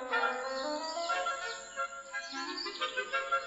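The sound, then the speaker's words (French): Birds singing together on a sunny morning in a steady, busy chorus of overlapping high chirps and warbling trills, moderately loud throughout, with no voices. “Le soleil fait chanter les oiseaux et les écureuils suivent Chaperon Rouge de branche en branche.”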